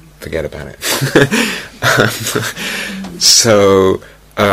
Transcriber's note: laughter